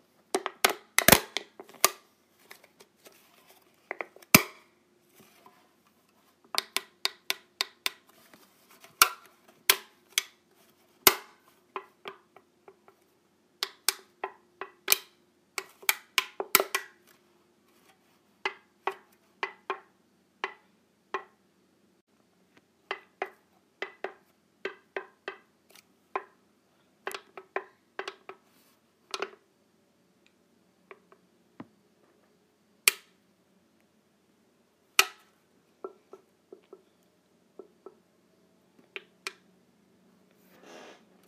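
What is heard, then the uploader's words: Sharp, dry clicks of clips being snapped and clipped, arriving in quick irregular bursts through the first half, then spacing out with longer pauses toward the end. A faint low hum sits underneath, and the snaps stay crisp and bright. ASMR Clipping my Clips.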